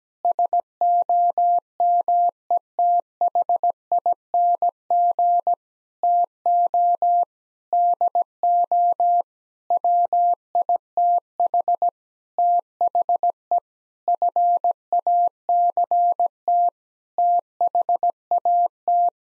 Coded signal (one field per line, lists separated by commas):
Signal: Morse code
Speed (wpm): 17 wpm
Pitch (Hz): 700 Hz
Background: none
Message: SOMETHING TO DO WITH THE FACT THAT